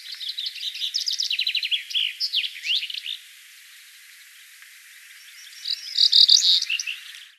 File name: Emberiza cineracea song